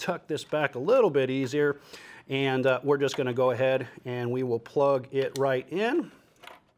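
A 45-degree angled SATA data cable connector is handled and brought up to a motherboard SATA port while someone talks throughout, with a brief faint tap near the end. Nothing has seated or clicked yet.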